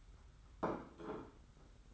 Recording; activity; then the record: daily activity, microphone in the room; place plate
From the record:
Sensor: 3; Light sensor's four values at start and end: 25/77/32/28 and 24/76/31/27